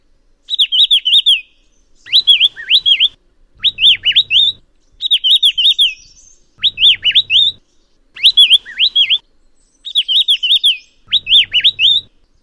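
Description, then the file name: Babbler song: bright whistled phrases of quick rising and falling notes, repeated in short bursts about every 1.5 seconds, with a faint low hum under some phrases. "tb babbler omkicau"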